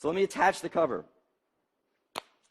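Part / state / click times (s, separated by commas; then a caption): keyboard cover onto tablet magnetic connector / seated / 2.2 s. Someone talks, then at 2.2 s a fabric keyboard cover snaps onto the magnetic connector of a Microsoft Surface Windows 8 tablet with a single sharp click. The cover is seated and solidly attached.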